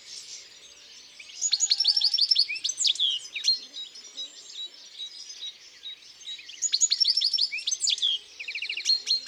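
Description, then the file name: European goldfinch twittering song in two bursts of fast, rippling chirps and slurred notes, ending with a brief buzzy trill. Singing in the countryside. "Chardonneret elegant Chants doiseaux dans la campagne"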